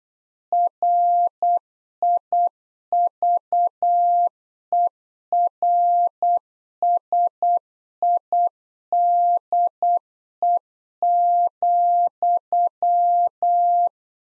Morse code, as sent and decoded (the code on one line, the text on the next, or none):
.-. .. ...- . .-. ... .. -.. . --..--
RIVERSIDE,